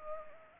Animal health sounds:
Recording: mosquito wingbeat signal from an infrared sensor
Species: Anopheles gambiae

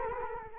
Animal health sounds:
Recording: mosquito wingbeat signal from an infrared sensor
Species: Culex quinquefasciatus

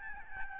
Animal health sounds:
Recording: mosquito wingbeat signal from an infrared sensor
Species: Aedes albopictus

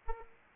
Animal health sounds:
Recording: mosquito wingbeat signal from an infrared sensor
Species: Aedes aegypti

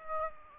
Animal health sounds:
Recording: mosquito wingbeat signal from an infrared sensor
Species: Aedes aegypti

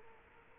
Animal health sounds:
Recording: mosquito wingbeat signal from an infrared sensor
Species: Culex quinquefasciatus

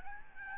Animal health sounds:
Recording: mosquito wingbeat signal from an infrared sensor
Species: Aedes albopictus

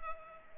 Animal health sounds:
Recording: mosquito wingbeat signal from an infrared sensor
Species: Culex pipiens

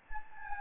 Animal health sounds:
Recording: mosquito wingbeat signal from an infrared sensor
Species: Anopheles gambiae

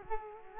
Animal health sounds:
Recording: mosquito wingbeat signal from an infrared sensor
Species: Culex quinquefasciatus

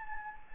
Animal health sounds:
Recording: mosquito wingbeat signal from an infrared sensor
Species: Anopheles gambiae

